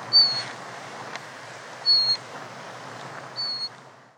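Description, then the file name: Horned lark giving three thin, high notes spaced roughly every one and a half seconds over constant background hiss. "berglarka"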